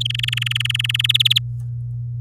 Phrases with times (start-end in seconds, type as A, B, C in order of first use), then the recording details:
0.00-1.12 A, 1.14-1.39 B. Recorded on 11 May 2018 at 08:27. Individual llb16